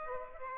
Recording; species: mosquito wingbeat signal from an infrared sensor; Aedes aegypti